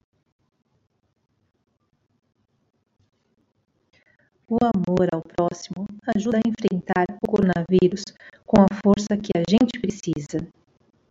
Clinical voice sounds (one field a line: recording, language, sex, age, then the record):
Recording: spoken sentence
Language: Brazilian Portuguese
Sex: female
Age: 40 to 49 years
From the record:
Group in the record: control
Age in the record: 49 years